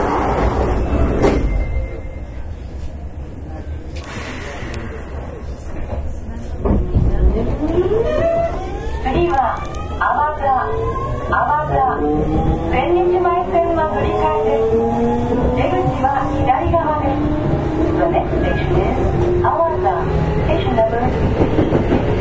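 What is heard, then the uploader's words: A Kintetsu 7000 series train pulls away with a steady low rumble, its motor whine climbing in rising tones from about seven seconds. 近鉄7000系(初期GTO) コスモスクエアから生駒まで. 近畿日本鉄道 7000系電車の走行音. 直通列車で録音しました。 Running sound of the Kintetsu Railway 7000 series train.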